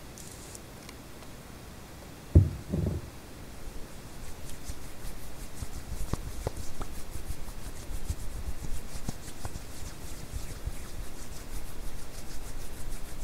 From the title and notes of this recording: HAND SOUNDS ASMR NO TALKING, WHITE NOISE FOR SLEEPING, HAND SOUNDS WITH WHITE NOISE.